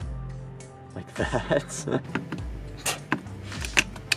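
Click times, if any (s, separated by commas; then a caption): 3.8 s. A connector in the battery pack wiring under the BMS cover of a Onewheel Pint is pushed in by hand while someone talks, giving several sharp clicks. It seats fully home at 3.8 s.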